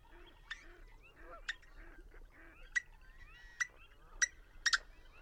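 Birds chattering, soft low honks and sliding whistles broken by several sharp sudden clicks.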